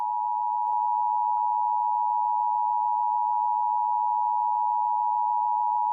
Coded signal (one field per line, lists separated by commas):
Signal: Emergency Alert System (SAME) tones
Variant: 853 and 960 Hz attention tone